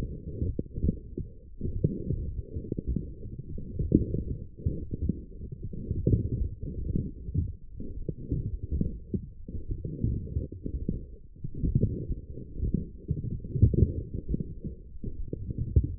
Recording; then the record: forearm muscle sounds (acoustic myography)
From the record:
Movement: forearm pronation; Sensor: system 1, eight BSWA MPA416 microphones around the upper forearm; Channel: 7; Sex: female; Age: 20 years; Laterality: right